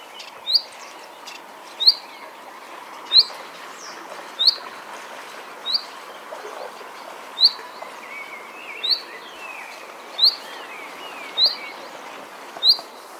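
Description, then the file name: Common chaffinch calling steadily, a run of about ten short sharp pink notes repeated roughly every 1.3 seconds, with soft chatter behind. "Fringilla coelebs"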